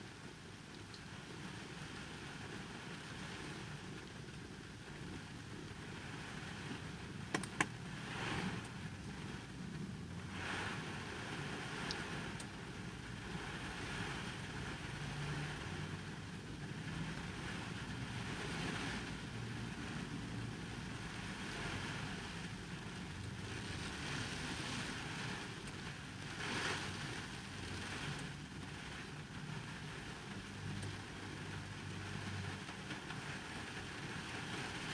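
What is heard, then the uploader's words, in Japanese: Rain heard from inside an empty car on a heavy rain day. A steady, dense low rumble and hiss continue throughout, with brief sharp taps near 7 seconds and softer bursts of louder spatter around 10, 25 and 27 seconds. とある日の雨の日の車内。無人の車内で録った音です。大雨の日に人のいない車内ではどんな音がしてるのかなと思って録ってみました。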